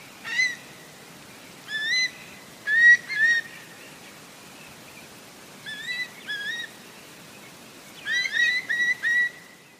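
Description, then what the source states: Eastern Curlew calls, clear upslurred whistles, single or in short groups of up to four, repeated throughout with brief silences between. Distinctive call heard across coastal wetlands, estuaries, mangrove swamps, bays and lagoons.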